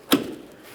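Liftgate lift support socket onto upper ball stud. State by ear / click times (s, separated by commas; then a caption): seated / 0.1 s. The upper end of a new liftgate gas lift support on a 2008-2016 Chrysler Town & Country is lined up and pressed onto its upper ball stud. A single sharp snap at 0.1 s, with a short low-mid ring, is the socket clip snapping on. The support end is seated on the ball stud.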